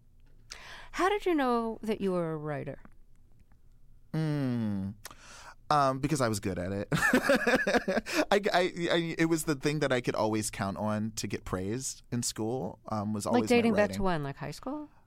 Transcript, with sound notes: How did you know that you were a writer?
Because I was good at it (laughter). It was the thing that I could always count on to get praised in school was always my writing.
Like, dating back to when - like, high school?